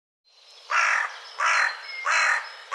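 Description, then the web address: Bird repeating three loud, raspy caws at even intervals, with a faint thin whistle between them. "cianscape birddata Deverinetal"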